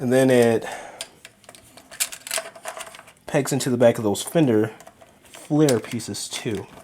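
Someone talks while handling a plastic part of a Big Firebird EX-01 Nicee transforming toy, working its peg toward the back of the fender flare pieces. A few faint plastic taps and rattles are heard between about 1.0 and 3.0 seconds, but nothing has seated or clicked into place yet.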